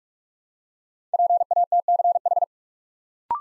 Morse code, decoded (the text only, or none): PATCH